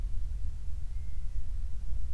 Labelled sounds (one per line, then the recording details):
near silence
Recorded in the Prudhoe Bay oil fields, Alaska, on 28 July 2019 at 05:32
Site 25